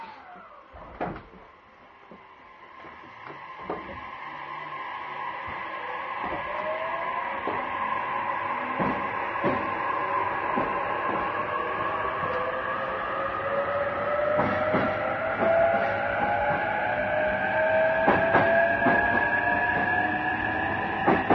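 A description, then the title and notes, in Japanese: Inside a train running between Yokohama and Odawara, a rising motor whine climbs steadily in pitch as the carriage accelerates, growing louder over the clip. Sharp clicks and knocks from the rails and car recur irregularly, with a rumbling hum underneath. JRE233系 横浜ー小田原。ICレコダーで録音しています。乗車の列車は小田原行の列車です。JRE233系3000番台〜。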